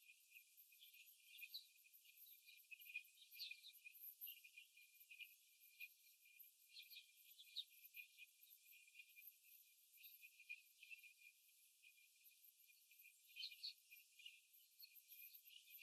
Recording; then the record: young laying hens in a cage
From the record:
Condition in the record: after the stressor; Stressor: simulated dog barking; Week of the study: 3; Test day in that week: 2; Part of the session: 3